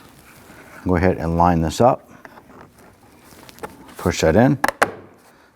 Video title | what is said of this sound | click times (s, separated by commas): How to Replace Side Mirrors 2010-2019 Ford Taurus | Snap that into place. | 4.8 s